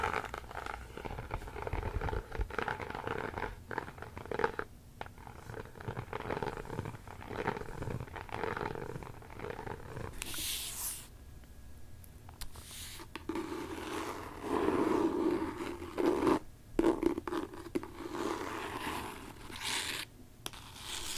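Fingernails scratch at a book in a dense, continuous rasp that rises and falls in quick strokes. A few sharper, brighter scrapes stand out around ten and thirteen seconds, and brief pauses break the scratching near five, sixteen and twenty seconds.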